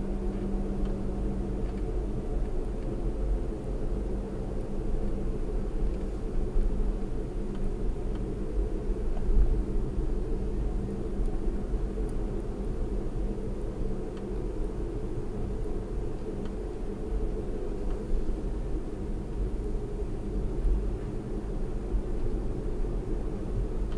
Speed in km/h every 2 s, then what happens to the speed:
53, 53, 52, 50, 48, 48, 48, 47, 48, 47, 45, 47.
0-24 steady at about 48.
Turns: none.